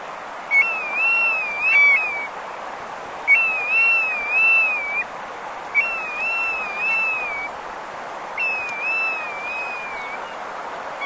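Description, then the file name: Bristle-thighed curlew giving four wavering whistled phrases, each rolling up and down several times, spaced roughly every two to three seconds over faint steady hiss. "numenius tahitiensis"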